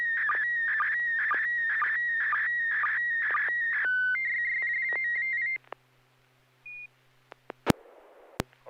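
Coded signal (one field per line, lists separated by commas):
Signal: SSTV (slow-scan television)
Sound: warbling image tone with regular low sync blips, then steady tones, a short beep, clicks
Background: low mains hum, squelch clicks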